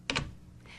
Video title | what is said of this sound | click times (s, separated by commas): Kirby Video Manual | push the portable handle into the same slot until it snaps into place | 0.1 s